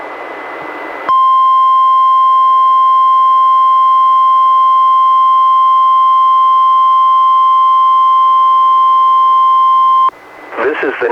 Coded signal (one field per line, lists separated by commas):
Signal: Emergency Alert System (SAME) tones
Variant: 1050 Hz attention tone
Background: speech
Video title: EAS #517: NWR Required Weekly Test- June 9, 2021- 11:11AM PDT